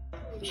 Ripley can't stop coughing. It's horrendous. It sounds like kennel cough. It could be a thing stuck in her throat. Like maybe from a toy or some grass.